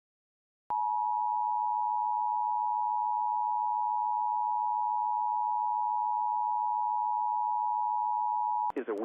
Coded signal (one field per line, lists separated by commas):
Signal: Emergency Alert System (SAME) tones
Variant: 853 and 960 Hz attention tone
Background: speech